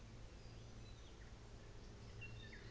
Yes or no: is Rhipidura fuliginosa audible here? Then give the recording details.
no. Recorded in New Zealand on 24 December 2018. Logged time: 14:10